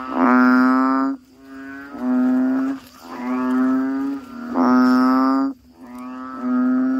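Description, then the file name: Toad calls: a string of five loud, nasal, mooing notes, each about a second long, with short gaps between them. "suara kodok bangkong"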